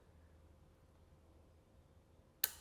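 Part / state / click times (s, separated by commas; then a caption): rear derailleur lower cage into its cage lock / seated / 2.4 s. The rear derailleur's cage lever on a TRP rear derailleur, fitted to the Intense Tazer Alloy Pro, is grabbed with the thumb and rolled forward. After a quiet stretch, a single sharp snap is heard at 2.4 seconds. The lower cage is now keyed in with the derailleur in its cage lock.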